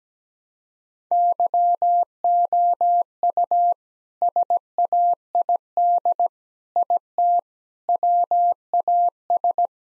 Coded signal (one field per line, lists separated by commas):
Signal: Morse code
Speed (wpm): 17 wpm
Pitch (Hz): 700 Hz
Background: none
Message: YOU SAID IT WAS